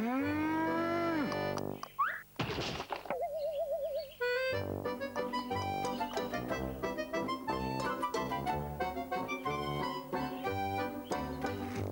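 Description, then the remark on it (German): A cow eating African violets at a window gives a long, loud moo that rises and falls in pitch, then a lively stretch of instrumental music follows with brief warbling and twangy notes. “Er hat die Kuh gar nicht bemerkt, die seine Usambara-Pfeilchen fraß am Fenster.”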